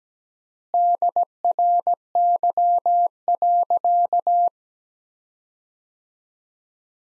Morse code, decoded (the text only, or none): DRY.